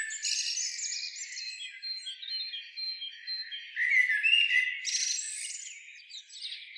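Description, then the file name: Eurasian blackbird singing continuous high twitters and warbles, peaking around the fourth second before tapering off. "Turdus merula"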